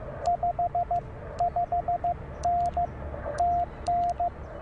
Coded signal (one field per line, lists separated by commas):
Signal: Morse code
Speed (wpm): 15 wpm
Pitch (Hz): 690 Hz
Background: radio noise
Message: 55N TN